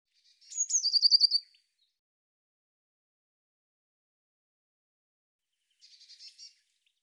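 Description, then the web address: Bird song: one high whistle-and-trill phrase, then after a pause a softer, buzzier series of quick notes. "cianscape birddata Deverinetal Bird Cy Ca Cy Ca"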